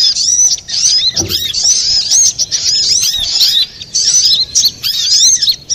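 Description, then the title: Little spiderhunter song, shrill and busy, with rapid upslurred and downslurred notes tumbling together, broken by only a few short pauses. Masteran song of Sogok Ontong (little spiderhunter), labelled Labaik, for training cage birds. "Masteran Burung Sogok Ontong Labaik"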